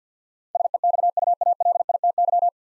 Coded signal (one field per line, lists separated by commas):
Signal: Morse code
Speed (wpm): 46 wpm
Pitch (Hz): 700 Hz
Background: none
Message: SEXUALITY